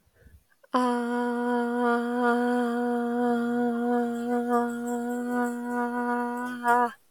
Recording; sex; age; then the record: vowel held as long as possible; female; 30 to 39 years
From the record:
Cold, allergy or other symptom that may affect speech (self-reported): no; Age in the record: 39 years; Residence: Georgia, United States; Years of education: 16